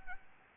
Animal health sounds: mosquito wingbeat signal from an infrared sensor; Anopheles arabiensis

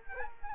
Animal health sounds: mosquito wingbeat signal from an infrared sensor; Culex quinquefasciatus

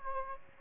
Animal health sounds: mosquito wingbeat signal from an infrared sensor; Aedes aegypti

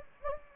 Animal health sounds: mosquito wingbeat signal from an infrared sensor; Anopheles gambiae

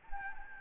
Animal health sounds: mosquito wingbeat signal from an infrared sensor; Anopheles gambiae

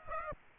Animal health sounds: mosquito wingbeat signal from an infrared sensor; Aedes aegypti

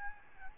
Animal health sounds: mosquito wingbeat signal from an infrared sensor; Aedes albopictus

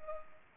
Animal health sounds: mosquito wingbeat signal from an infrared sensor; Culex pipiens

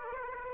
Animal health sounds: mosquito wingbeat signal from an infrared sensor; Aedes aegypti

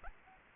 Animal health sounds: mosquito wingbeat signal from an infrared sensor; Anopheles arabiensis

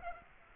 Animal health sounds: mosquito wingbeat signal from an infrared sensor; Aedes aegypti

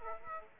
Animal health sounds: mosquito wingbeat signal from an infrared sensor; Aedes aegypti

